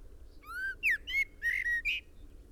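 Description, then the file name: Common blackbird uttering a run of strong whistled notes, a rising slur then several flat and wavering tones in quick succession, with low hum behind. "Turdus merula"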